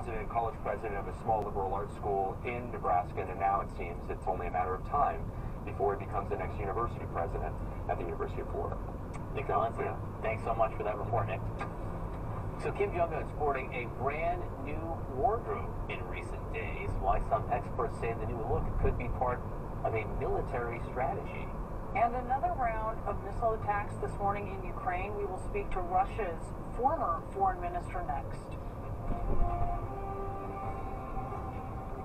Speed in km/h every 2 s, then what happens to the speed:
27, 26, 26, 27, 31, 35, 40, 40, 44, 44, 44, 44, 42, 39, 35, 32.
0-5 steady at about 26. 5-16 speeds up to 44. 16-25 steady at about 44. 25-32 slows to 32.